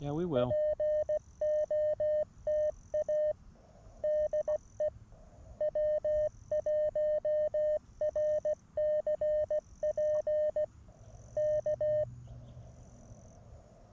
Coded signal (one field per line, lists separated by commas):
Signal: Morse code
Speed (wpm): 17 wpm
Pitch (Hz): 590 Hz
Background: speech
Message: POTA DE W1RCP K